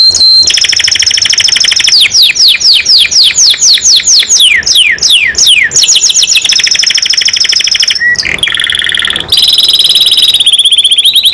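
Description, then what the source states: Domestic canary singing continuously: a run of fast descending sweeps, then buzzy high trills and steady rolling tours at varying pitches. Domestic canary in gacor form, singing constantly; described as a first-place contest champion.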